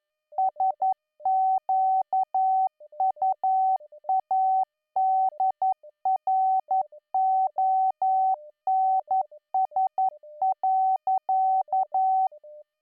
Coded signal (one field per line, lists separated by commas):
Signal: Morse code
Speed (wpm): 11 wpm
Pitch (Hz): 760 Hz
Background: none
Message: SQUADRONS.